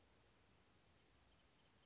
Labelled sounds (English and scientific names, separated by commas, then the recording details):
Anna's Hummingbird (Calypte anna)
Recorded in Sonoma County, California